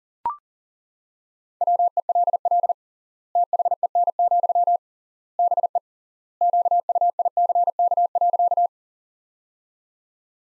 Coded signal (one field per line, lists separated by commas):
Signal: Morse code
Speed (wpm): 40 wpm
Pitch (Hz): 700 Hz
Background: none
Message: WELL THEN, BE QUICK.